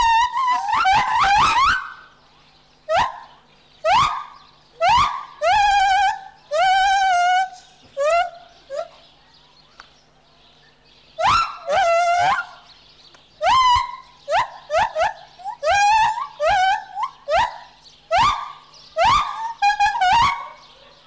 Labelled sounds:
Lar Gibbon

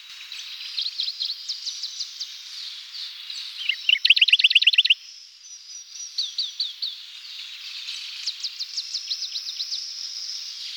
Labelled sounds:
Radde's Warbler song

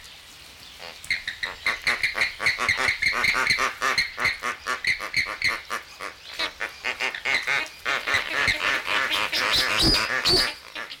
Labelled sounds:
James's Flamingo

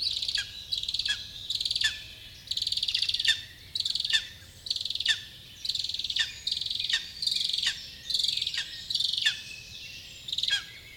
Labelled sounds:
Lesser Spotted Eagle call

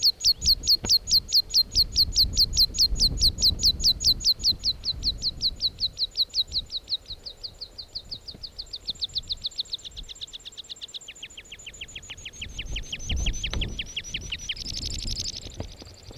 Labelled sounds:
Meadow Pipit

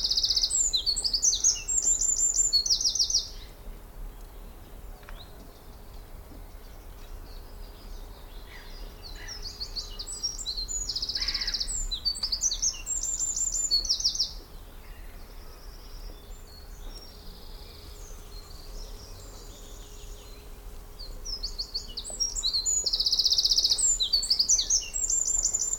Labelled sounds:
Eurasian Wren

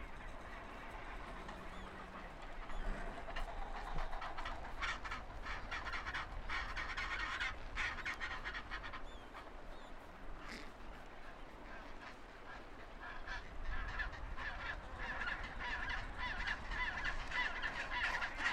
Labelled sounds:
Gentoo Penguin call

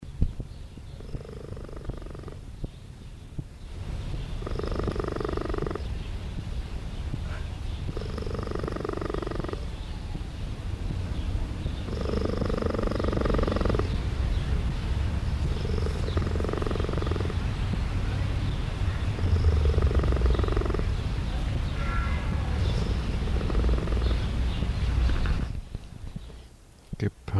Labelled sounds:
Cheetah purring

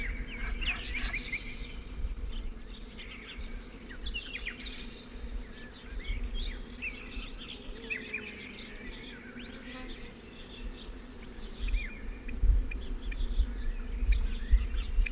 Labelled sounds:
Rock Partridge call

